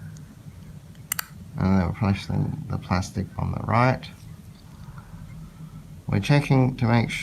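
A clinician presses the acrylic plate on the left side to push a removable orthodontic appliance home onto the teeth, and it snaps into place with a sharp click at 1.1 s and 1.2 s. Someone talks before and after, and the appliance is seated.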